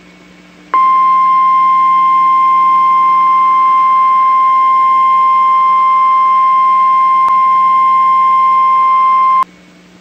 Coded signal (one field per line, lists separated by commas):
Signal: Emergency Alert System (SAME) tones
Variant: 1050 Hz attention tone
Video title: NOAA EAS REQUIRED WEEKLY TEST 3/31/21